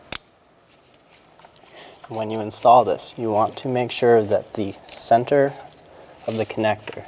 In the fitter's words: push it until you hear a click